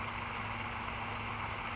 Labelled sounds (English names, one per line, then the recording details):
California Towhee
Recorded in Sonoma County, California